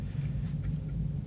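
A screwdriver bit is slid back toward a 3D printed plastic handle, where disc magnets will pull it into place. A steady low rumble fills the clip, with a brief faint rustle of handling near 0.6 seconds. Nothing has seated or clicked yet.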